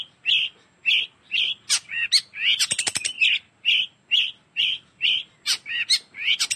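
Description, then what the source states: Long-tailed shrike song: short bright chirped notes repeated about twice a second, broken by a burst of sharp rattling clicks midway. Combination song.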